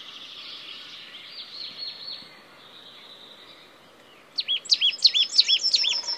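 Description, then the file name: Marsh tit: quiet thin notes and a faint trill, then after a lull a loud rapid series of high sharp chips. "Poecile palustris"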